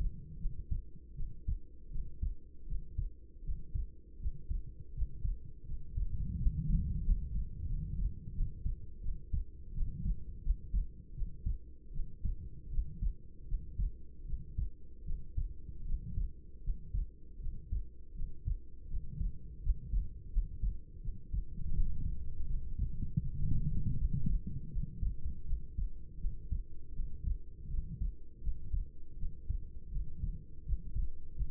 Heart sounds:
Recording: heart sounds by stethoscope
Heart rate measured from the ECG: 81 bpm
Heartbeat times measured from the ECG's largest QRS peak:
0.38 s: heartbeat
1.14 s: heartbeat
1.90 s: heartbeat
2.66 s: heartbeat
3.43 s: heartbeat
4.19 s: heartbeat
4.93 s: heartbeat
5.65 s: heartbeat
6.37 s: heartbeat
7.03 s: heartbeat
7.66 s: heartbeat
8.32 s: heartbeat
9.00 s: heartbeat
9.72 s: heartbeat
10.41 s: heartbeat
11.13 s: heartbeat
11.91 s: heartbeat
12.69 s: heartbeat
13.46 s: heartbeat
14.25 s: heartbeat
15.04 s: heartbeat
15.84 s: heartbeat
16.62 s: heartbeat
17.39 s: heartbeat
18.14 s: heartbeat
18.88 s: heartbeat
19.61 s: heartbeat
20.31 s: heartbeat
21.00 s: heartbeat
21.71 s: heartbeat
22.45 s: heartbeat
23.21 s: heartbeat
23.96 s: heartbeat
24.69 s: heartbeat
25.44 s: heartbeat
26.18 s: heartbeat
26.93 s: heartbeat
27.68 s: heartbeat
28.41 s: heartbeat
29.17 s: heartbeat
29.90 s: heartbeat
30.64 s: heartbeat
31.34 s: heartbeat
From the record:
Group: healthy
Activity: cold pressor test 0-22 s, rest 22-32 s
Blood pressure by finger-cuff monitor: 112/65 mmHg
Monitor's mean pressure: 80 mmHg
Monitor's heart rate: 80 bpm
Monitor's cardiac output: 6.9 L/min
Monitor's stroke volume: 87 mL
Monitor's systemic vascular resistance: 850 dyn s/cm5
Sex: female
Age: 26 years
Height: 165 cm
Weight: 55 kg

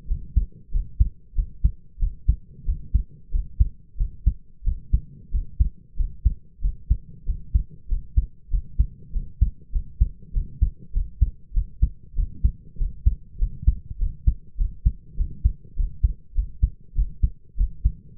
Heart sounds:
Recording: heart sounds by stethoscope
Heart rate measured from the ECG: 96 bpm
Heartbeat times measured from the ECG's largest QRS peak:
0.07 s: heartbeat
0.71 s: heartbeat
1.35 s: heartbeat
1.99 s: heartbeat
2.65 s: heartbeat
3.31 s: heartbeat
3.97 s: heartbeat
4.64 s: heartbeat
5.31 s: heartbeat
5.96 s: heartbeat
6.61 s: heartbeat
7.25 s: heartbeat
7.88 s: heartbeat
8.50 s: heartbeat
9.12 s: heartbeat
9.72 s: heartbeat
10.33 s: heartbeat
10.92 s: heartbeat
11.53 s: heartbeat
12.15 s: heartbeat
12.77 s: heartbeat
13.38 s: heartbeat
13.98 s: heartbeat
14.57 s: heartbeat
15.16 s: heartbeat
15.75 s: heartbeat
16.34 s: heartbeat
16.95 s: heartbeat
17.57 s: heartbeat
From the record:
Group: healthy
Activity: rest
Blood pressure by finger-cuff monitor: 103/62 mmHg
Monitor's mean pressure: 75 mmHg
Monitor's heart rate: 96 bpm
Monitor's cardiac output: 6.6 L/min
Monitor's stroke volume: 69 mL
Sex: male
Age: 22 years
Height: 181 cm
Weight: 60 kg

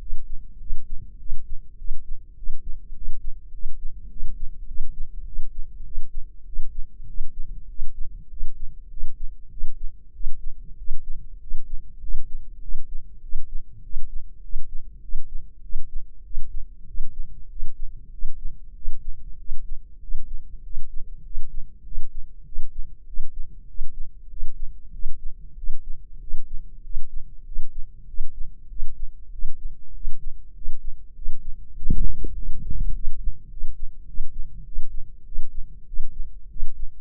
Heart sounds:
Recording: heart sounds by microphone in the left ear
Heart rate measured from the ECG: 99 bpm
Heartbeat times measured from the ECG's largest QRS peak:
0.58 s: heartbeat
1.18 s: heartbeat
1.77 s: heartbeat
2.35 s: heartbeat
2.94 s: heartbeat
3.52 s: heartbeat
4.09 s: heartbeat
4.66 s: heartbeat
5.25 s: heartbeat
5.84 s: heartbeat
6.45 s: heartbeat
7.06 s: heartbeat
7.67 s: heartbeat
8.29 s: heartbeat
8.89 s: heartbeat
9.49 s: heartbeat
10.12 s: heartbeat
10.77 s: heartbeat
11.39 s: heartbeat
12.00 s: heartbeat
12.60 s: heartbeat
13.21 s: heartbeat
13.82 s: heartbeat
14.41 s: heartbeat
15.01 s: heartbeat
15.61 s: heartbeat
16.23 s: heartbeat
16.86 s: heartbeat
17.48 s: heartbeat
18.10 s: heartbeat
18.74 s: heartbeat
19.37 s: heartbeat
20.00 s: heartbeat
20.62 s: heartbeat
21.23 s: heartbeat
21.83 s: heartbeat
22.44 s: heartbeat
23.05 s: heartbeat
23.66 s: heartbeat
24.28 s: heartbeat
24.91 s: heartbeat
25.55 s: heartbeat
26.19 s: heartbeat
26.82 s: heartbeat
27.44 s: heartbeat
28.06 s: heartbeat
28.68 s: heartbeat
29.30 s: heartbeat
29.93 s: heartbeat
30.53 s: heartbeat
31.14 s: heartbeat
31.74 s: heartbeat
32.34 s: heartbeat
32.92 s: heartbeat
33.49 s: heartbeat
34.06 s: heartbeat
34.64 s: heartbeat
35.24 s: heartbeat
35.85 s: heartbeat
36.48 s: heartbeat
From the record:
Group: healthy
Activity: cold pressor test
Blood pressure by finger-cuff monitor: 165/123 mmHg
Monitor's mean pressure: 138 mmHg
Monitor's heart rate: 98 bpm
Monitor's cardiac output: 7.4 L/min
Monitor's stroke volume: 76 mL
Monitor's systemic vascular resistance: 1400 dyn s/cm5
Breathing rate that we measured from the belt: 18 breaths a minute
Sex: male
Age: 23 years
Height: 179 cm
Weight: 87 kg

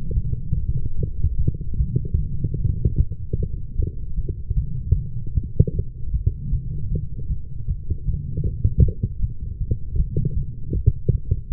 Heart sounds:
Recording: heart sounds by stethoscope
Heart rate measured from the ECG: 153 bpm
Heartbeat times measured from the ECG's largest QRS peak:
0.14 s: heartbeat
0.55 s: heartbeat
0.96 s: heartbeat
1.36 s: heartbeat
1.77 s: heartbeat
2.17 s: heartbeat
2.57 s: heartbeat
2.96 s: heartbeat
3.36 s: heartbeat
3.76 s: heartbeat
4.15 s: heartbeat
4.55 s: heartbeat
4.94 s: heartbeat
5.33 s: heartbeat
5.73 s: heartbeat
6.12 s: heartbeat
6.51 s: heartbeat
6.90 s: heartbeat
7.28 s: heartbeat
7.67 s: heartbeat
8.06 s: heartbeat
8.44 s: heartbeat
8.82 s: heartbeat
9.20 s: heartbeat
9.59 s: heartbeat
9.97 s: heartbeat
10.35 s: heartbeat
10.73 s: heartbeat
11.11 s: heartbeat
11.50 s: heartbeat
From the record:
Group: healthy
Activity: light exercise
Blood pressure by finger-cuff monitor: 115/83 mmHg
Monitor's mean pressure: 94 mmHg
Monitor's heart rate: 154 bpm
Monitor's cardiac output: 13.3 L/min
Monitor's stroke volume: 90 mL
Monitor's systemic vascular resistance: 460 dyn s/cm5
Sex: female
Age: 19 years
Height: 163 cm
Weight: 51 kg

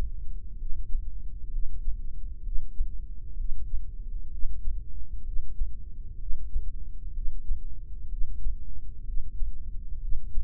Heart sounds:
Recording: heart sounds by microphone in the left ear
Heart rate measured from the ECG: 64 bpm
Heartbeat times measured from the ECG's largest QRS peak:
0.58 s: heartbeat
1.50 s: heartbeat
2.43 s: heartbeat
3.37 s: heartbeat
4.30 s: heartbeat
5.23 s: heartbeat
6.18 s: heartbeat
7.14 s: heartbeat
8.09 s: heartbeat
9.04 s: heartbeat
10.00 s: heartbeat
From the record:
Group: heart failure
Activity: Valsalva maneuver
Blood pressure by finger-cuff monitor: 115/84 mmHg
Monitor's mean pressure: 94 mmHg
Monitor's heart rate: 64 bpm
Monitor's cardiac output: 5.3 L/min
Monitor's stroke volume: 82 mL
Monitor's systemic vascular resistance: 1300 dyn s/cm5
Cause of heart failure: idiopathic cardiomyopathy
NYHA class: 1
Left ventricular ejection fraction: 50%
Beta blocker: bisoprolol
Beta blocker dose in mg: 5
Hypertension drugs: candesartan, spironolactone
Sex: male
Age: 54 years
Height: 180 cm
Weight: 94.6 kg

